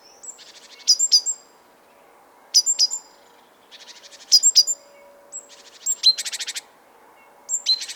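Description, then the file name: Great tit calling with sharp high notes and harsh buzzy churrs in irregular bursts, one longer rasping rattle near the end. "Parus major"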